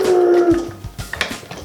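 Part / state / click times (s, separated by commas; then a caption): top housing onto suction pool cleaner body / not seated / none. The plastic top housing of an MX8 Elite suction pool cleaner is being set front-first onto the cleaner body, closed and pushed down by hand. A steady low tone fades over the first half-second, followed by soft handling knocks and a few sharp plastic taps around 1.1 s, 1.2 s and 1.5 s. The clip ends before the housing snaps into place, so nothing has seated or clicked yet.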